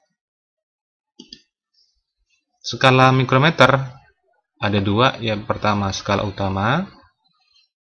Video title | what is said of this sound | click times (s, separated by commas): Fisika SMA/MA/SMK #Alat-Alat Ukur | putarlah pengunci nya Sampai bunyi klik lalu bisa kita baca skala | 1.2 s, 1.3 s